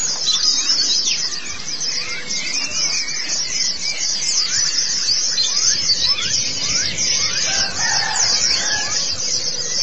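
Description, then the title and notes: White-eye twitter, a busy high-pitched jumble of chirps running nonstop, with scattered lower sliding whistles and rumbling background noise. Pleci (white-eye) chirping song. "Suara kicauan burung pleci"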